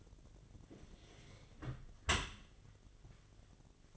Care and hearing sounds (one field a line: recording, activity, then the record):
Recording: daily activity, microphone in the room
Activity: close dishwasher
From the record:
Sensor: 4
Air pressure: 1007.5 hPa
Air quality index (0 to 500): 200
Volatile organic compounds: 7 ppm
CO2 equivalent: 1993 ppm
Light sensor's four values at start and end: 22/70/26/26 and 23/72/27/26